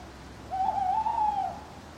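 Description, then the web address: Owl giving one long, steady hoot that wavers slightly in pitch for about a second over a quiet background. Owls hooting at night in a churchyard. "birds backgrounds churchyard night owls hooting clock strike"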